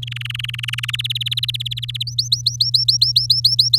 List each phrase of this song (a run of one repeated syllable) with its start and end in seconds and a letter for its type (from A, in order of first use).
0.02-0.91 A, 0.93-2.03 B, 2.07-3.78 C